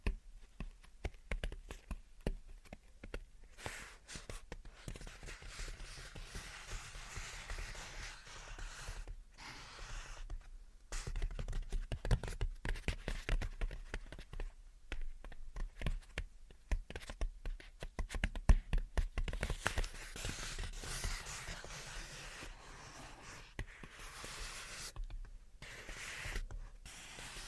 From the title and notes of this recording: Gentle Tapping and Scratching. (No Talking).